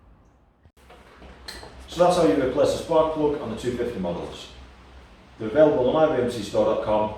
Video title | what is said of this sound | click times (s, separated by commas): How To: Replace Spark Plug on 250's | finally, fit the cap, ensuring it clicks in place. | 1.5 s